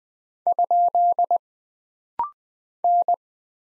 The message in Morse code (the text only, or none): ? N